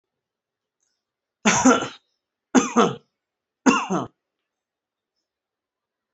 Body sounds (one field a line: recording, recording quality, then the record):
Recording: heavy voluntary cough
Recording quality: excellent, no background noise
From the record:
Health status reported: healthy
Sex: male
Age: 43 years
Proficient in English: yes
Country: India